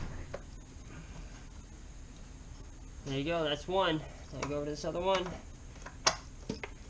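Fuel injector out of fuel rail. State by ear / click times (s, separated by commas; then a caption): released / 6.1 s. An old fuel injector is pulled out of the fuel rail on a 4.6 V8 engine, and some fuel comes out with it. Someone talks briefly, then a few small clicks lead into a sharp pop at 6.1 s as the injector comes free of the rail.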